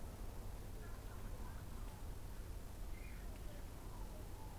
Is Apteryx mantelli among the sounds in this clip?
no